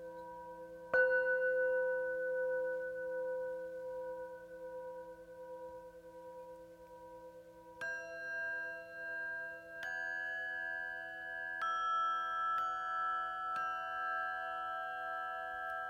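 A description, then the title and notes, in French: A gong bath of long, ringing metallic tones that hang and overlap, with a low steady hum underneath. New strikes land at about 1 second and near 8, 10, 12, 13 and 14 seconds, each adding brighter shimmering notes that sustain without fading much. Un bain de gong.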